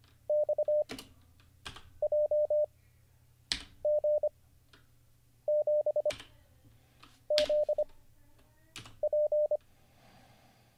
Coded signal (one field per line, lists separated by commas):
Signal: Morse code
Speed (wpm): 25 wpm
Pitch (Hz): 600 Hz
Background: none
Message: X J G 7 Z P